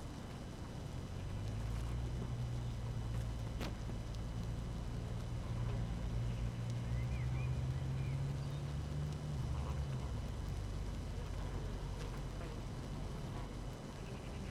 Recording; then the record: honeybee colony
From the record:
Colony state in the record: active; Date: 12 June 2018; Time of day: 5:51